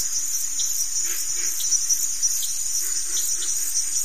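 Steady high cricket trilling with a faintly pulsing texture, joined by a few soft lower chirps here and there.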